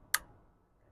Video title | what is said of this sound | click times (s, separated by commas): Pistelle X-68 Orings and Seals Replacement - Maintenance - Service - Upgrade | You can hear the click and it continue to turn in your piston. | 0.2 s